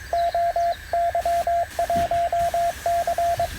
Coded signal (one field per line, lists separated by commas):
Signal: Morse code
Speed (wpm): 23 wpm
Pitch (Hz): 680 Hz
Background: radio noise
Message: OY1C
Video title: RSGB 2024 Convention: QRP - fun or folly?